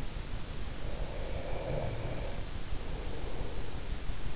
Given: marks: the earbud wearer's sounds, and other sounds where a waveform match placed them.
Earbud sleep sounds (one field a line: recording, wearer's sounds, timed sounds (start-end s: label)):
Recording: sounds in sleep by an in-ear microphone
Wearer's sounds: breath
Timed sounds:
1.09-3.94 s: breath